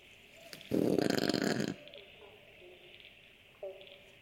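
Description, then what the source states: One loud, coarse brush-tailed possum grunt, followed by faint short tonal sounds and a continuous high hum. Several possums grunting in the woods.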